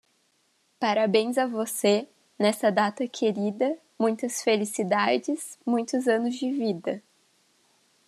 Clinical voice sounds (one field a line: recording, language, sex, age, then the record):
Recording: short text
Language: Brazilian Portuguese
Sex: female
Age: 20 to 29 years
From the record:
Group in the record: control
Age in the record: 22 years